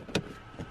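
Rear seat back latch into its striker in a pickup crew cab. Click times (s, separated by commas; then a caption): 0.1 s. The rear seat back of a 2017–2019 F-250/F-350 pickup crew cab is raised and its latch catches into the striker, giving a single sharp latch click at 0.15 s. A softer, lower bump follows around 0.6 s, and the latch is seated.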